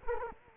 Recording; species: mosquito wingbeat signal from an infrared sensor; Culex quinquefasciatus